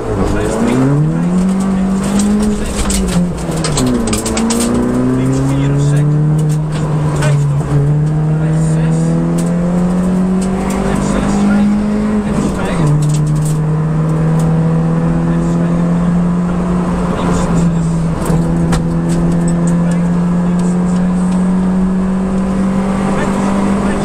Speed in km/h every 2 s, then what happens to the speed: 35, 44, 62, 64, 77, 91, 96, 106, 102, 105, 114, 123.
0-14 speeds up to 106. 17-24 speeds up to 123.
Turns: 3-10.